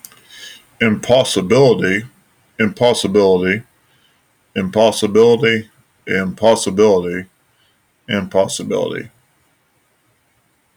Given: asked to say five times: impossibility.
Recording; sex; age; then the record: repeated word; male; 40 to 49 years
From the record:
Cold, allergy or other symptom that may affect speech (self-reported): no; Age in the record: 44 years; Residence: Kentucky, United States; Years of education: 16